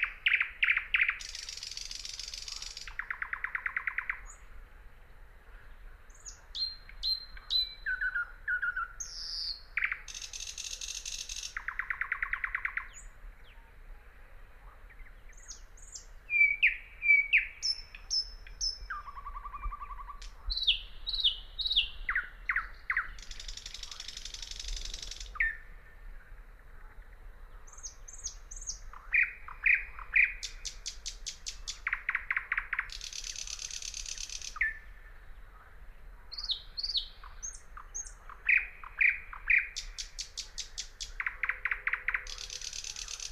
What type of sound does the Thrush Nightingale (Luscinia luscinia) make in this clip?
song